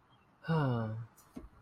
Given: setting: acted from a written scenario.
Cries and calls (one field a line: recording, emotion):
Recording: vocal sound without words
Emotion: serenity